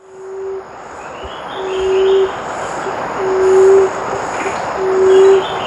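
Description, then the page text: Emerald dove calling with a run of low, mournful hoo notes, four in all, repeated steadily about every one and a half seconds against continuous hissy noise. "Emerald Dove Call. Quick Sounds"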